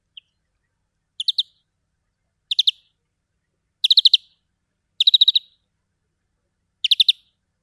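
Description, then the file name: European greenfinch giving short chattering calls: a single note, then five rapid bursts of several hard notes each, with uneven gaps. "Chloris chloris"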